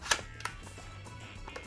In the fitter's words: Locks in place fine. Not too much wobble.